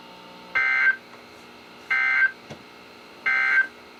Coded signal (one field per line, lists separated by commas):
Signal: Emergency Alert System (SAME) tones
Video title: EAS #1046-#1047: More Winter Hazards | KHB36 & WXM42